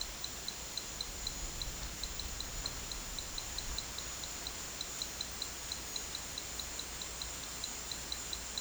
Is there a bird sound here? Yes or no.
no